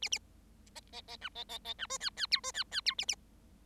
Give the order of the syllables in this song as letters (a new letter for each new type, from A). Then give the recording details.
A A B B B C B B B C D E E F D E E F A A. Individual Bird7